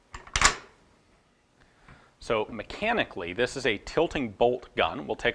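The steel charging handle of a WWII Sturmgewehr MP-44 assault rifle is pulled, and a couple of light clicks lead into a sharp metallic snap at 0.4 s as the spring-loaded sheet-steel dust cover over the ejection port on the receiver flips open automatically. The cover is released, then someone talks.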